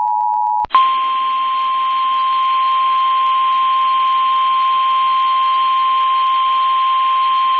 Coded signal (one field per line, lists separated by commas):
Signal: Emergency Alert System (SAME) tones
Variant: 1050 Hz attention tone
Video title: EAS Mini-Timeline Late Week Wisconsin Severe Thunderstorms NOAA Weather Radio (NW To Cen Wisconsin)